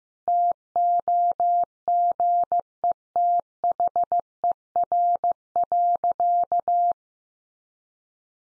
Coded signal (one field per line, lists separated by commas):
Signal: Morse code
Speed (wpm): 15 wpm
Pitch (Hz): 700 Hz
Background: none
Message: TOGETHER.